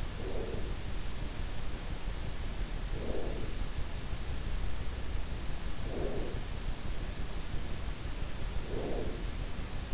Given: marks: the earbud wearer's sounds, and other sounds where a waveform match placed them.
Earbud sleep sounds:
sounds in sleep by an in-ear microphone; breath
0.00-1.11 s: breath
2.78-3.92 s: breath
5.74-6.67 s: breath
8.43-9.73 s: breath

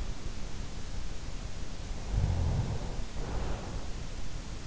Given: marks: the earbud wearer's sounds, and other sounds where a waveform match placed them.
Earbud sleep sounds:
sounds in sleep by an in-ear microphone; snoring breath
1.84-4.01 s: snoring breath

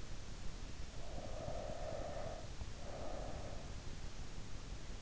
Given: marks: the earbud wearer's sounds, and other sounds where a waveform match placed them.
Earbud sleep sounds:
sounds in sleep by an in-ear microphone; breath
0.94-3.68 s: breath

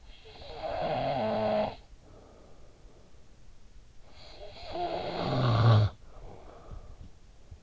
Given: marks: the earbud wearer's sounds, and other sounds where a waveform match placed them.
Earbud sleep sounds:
sounds in sleep by an in-ear microphone; snoring breath
0.01-3.55 s: snoring breath
3.84-7.63 s: snoring breath

